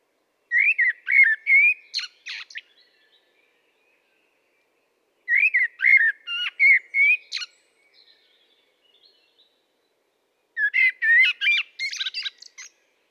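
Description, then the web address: Common blackbird song: three similar phrases about five seconds apart, each starting with rich warbled whistles and finishing in a scratchy, high-pitched twitter. "SETE data Turdus merula"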